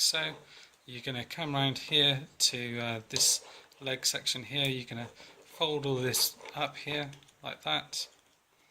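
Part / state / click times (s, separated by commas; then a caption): plastic leg section of a transforming robot toy figure folding into the leg assembly / not seated / none. Someone talks while handling the plastic leg section of a transforming robot toy figure, folding it around toward the leg assembly, with a few soft handling noises between the words. Nothing has seated or clicked yet; the clip ends just before the part goes home.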